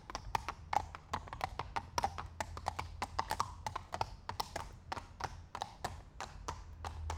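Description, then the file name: Horse hoofbeats: sharp clopping strikes on a hard surface, overlapping in an uneven walking rhythm of several steps per second, with a low steady hum underneath. Two horses walking at a slow pace past on cobblestones. "Het stapvoets voorbijlopen van twee paarden op kasseien"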